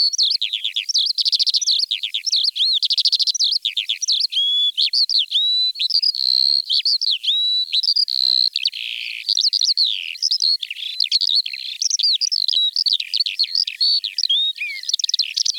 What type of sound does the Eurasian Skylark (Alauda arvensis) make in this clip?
song